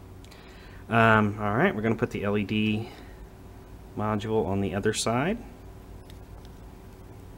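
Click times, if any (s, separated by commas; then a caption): 6.1 s, 6.4 s. An RGB LED module is pushed onto the other side of a stiff plastic bus board with pin-header connectors. Someone talks from about 0.9 to 5.4 s. The module connector then clicks into the bus board with sharp clicks at 6.1 s and 6.5 s, seating it.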